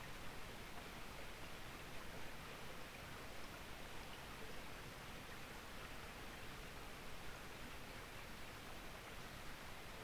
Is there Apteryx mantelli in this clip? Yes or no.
no